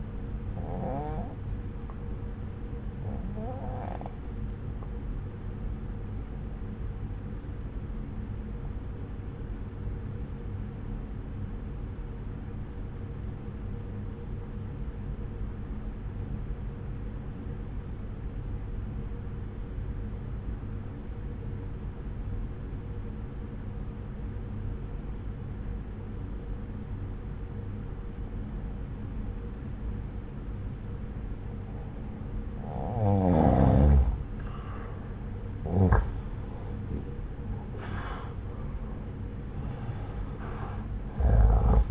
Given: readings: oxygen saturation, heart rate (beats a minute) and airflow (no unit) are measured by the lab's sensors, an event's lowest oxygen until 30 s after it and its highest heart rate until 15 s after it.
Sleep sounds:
breathing in sleep by a smartphone at the bedside; 1
9.00-33.50 s: obstructive apnea (N1, oxygen 95% highest, then 86% lowest)
From the record:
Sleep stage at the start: N1 (lightest sleep); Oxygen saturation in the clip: 86 to 95%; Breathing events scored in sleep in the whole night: 303 in 8.1 hours asleep

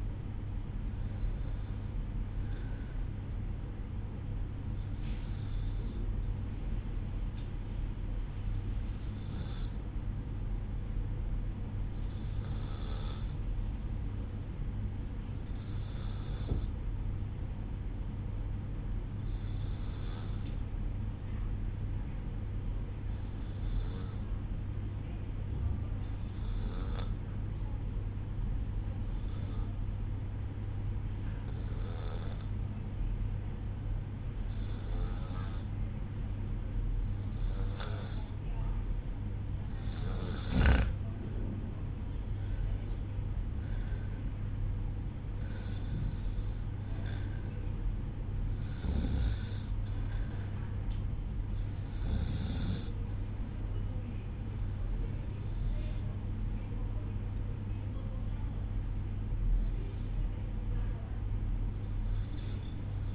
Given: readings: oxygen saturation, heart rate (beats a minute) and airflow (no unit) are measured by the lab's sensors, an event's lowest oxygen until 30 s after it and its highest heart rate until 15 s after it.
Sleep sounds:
breathing in sleep by a smartphone at the bedside; 1
13.00-37.00 s: obstructive apnea (REM, oxygen 96% highest, then 94% lowest, heart rate 58 at the start, 61 highest)
From the record:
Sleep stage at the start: REM sleep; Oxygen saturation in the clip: 94 to 96%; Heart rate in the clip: 55 to 61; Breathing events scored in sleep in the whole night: 305 in 9.6 hours asleep

